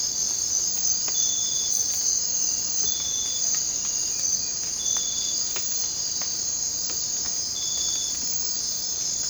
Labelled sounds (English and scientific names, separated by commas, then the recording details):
none
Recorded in secondary vegetation near Puerto Asís, Putumayo, Colombia, on 19 March 2025 at 02:00
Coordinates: 0.484, -76.319
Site G010